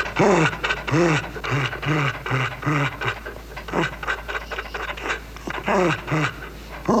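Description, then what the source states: Dog whining in loud, tonal cries that rise and fall, repeated with breathy panting between them. Panting with some whining.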